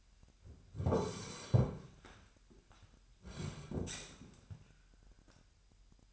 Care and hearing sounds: daily activity, microphone in the room; sit down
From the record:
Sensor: 2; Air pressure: 998.4 hPa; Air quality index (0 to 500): 128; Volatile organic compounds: 3 ppm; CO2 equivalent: 1448 ppm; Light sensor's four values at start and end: 7/16/7/8 and 8/20/8/9

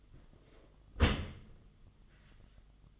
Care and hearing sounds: daily activity, microphone in the room; close dishwasher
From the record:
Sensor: 4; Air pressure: 1005.5 hPa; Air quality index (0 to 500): 113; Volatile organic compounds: 3 ppm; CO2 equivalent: 1410 ppm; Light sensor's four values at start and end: 11/25/10/10 and 11/25/10/10

